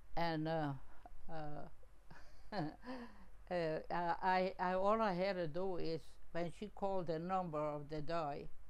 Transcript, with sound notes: And ah, ah, (laughing) ah, I, ah, all I had to is when she called the number of the dye.